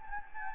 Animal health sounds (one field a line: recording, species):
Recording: mosquito wingbeat signal from an infrared sensor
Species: Anopheles gambiae